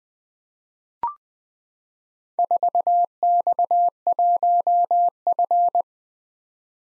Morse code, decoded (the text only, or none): 4X1F